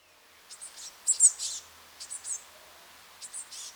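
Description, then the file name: Eurasian blue tit calls, a few high thin notes and short buzzy churrs in small bursts. "Cyanistes caeruleus"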